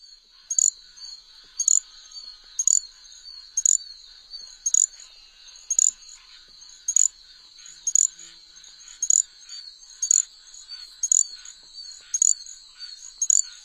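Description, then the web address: Little grass frog calling, a sharp high-pitched chirp repeated about once a second, over a constant high whine. "Songs of Frogs Toads of North America. Little Grass Frog"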